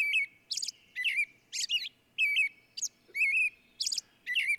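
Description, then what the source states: American Robin song: clear caroling whistled phrases in a steady run, with brief pauses between them. Identified as singing; the song, not the call.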